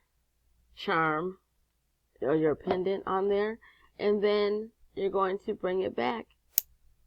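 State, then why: Seated. Someone talks while a charm and pendant are slid onto an open metal wire jump ring on a wire-wrapped pendant, and the ring's metal ends are brought back together to meet flush. A short, sharp click sounds at 6.6 s as the jump ring ends close, sealing the ring shut.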